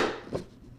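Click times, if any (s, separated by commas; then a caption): 0.4 s. A Gen 3 satellite dish mast is slid up into the mounting socket of a portable tripod and pushed until its mounting tabs snap in. A short snap is heard at 0.4 s after a fading rub, and the mast seats in the mount, working as well as the original.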